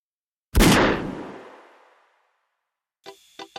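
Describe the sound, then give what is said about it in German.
A single loud gunshot cracks out and rings off in a long fading tail, followed after a pause by a few short, higher-pitched tonal bursts. “Den Knall hörte er nicht.”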